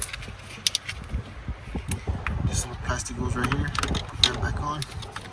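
During radiator reinstallation on a 2000–2005 Mitsubishi Eclipse 3.0, a plastic electrical connector in the engine bay is handled and plugged back toward its mating plug near the radiator, while someone talks. Short sharp plastic ticks and handling clatter are heard throughout. The connector is not yet home: nothing has seated or clicked by the end of the clip.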